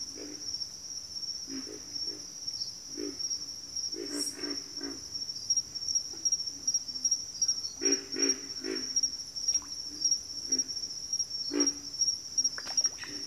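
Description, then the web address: Pig frog giving low grunts in small clusters, with a steady high insect drone. Pig frogs calling in a bayou. "Echoes of Nature - Bayou Pig Frogs"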